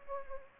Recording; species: mosquito wingbeat signal from an infrared sensor; Anopheles gambiae